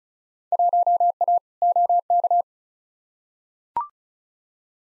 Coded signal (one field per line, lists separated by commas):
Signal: Morse code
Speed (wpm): 36 wpm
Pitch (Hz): 700 Hz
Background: none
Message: 1A OK